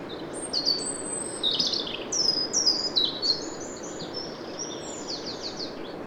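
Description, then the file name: European robin delivering high, clear whistled phrases, each a quick sliding or falling note, varied and spaced irregularly, with a soft steady hiss underneath. "Erithacus rubecula"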